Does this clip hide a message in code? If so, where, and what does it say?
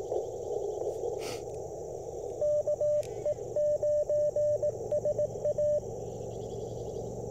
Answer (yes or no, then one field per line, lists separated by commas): yes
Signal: Morse code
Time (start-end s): 2.4-5.8 s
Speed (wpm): 20 wpm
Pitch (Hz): 590 Hz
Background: none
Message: KE9SA